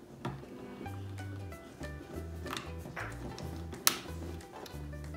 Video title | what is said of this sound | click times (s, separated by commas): L.O.L. Surprise! Glitter Globe Doll Unboxing | Make sure you hear the click so | 3.9 s